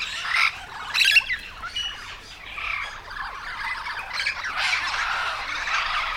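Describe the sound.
Yellow-shouldered parrot harsh squawks in irregular loud bursts with chattering between.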